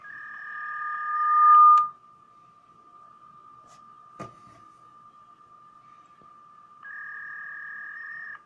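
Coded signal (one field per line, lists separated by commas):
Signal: fax machine handshake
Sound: continuous high tone with a buzzy warbling tone over it, a gap, then the warble returns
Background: phone line hiss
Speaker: нажимаем старт о том что пора передавать соединение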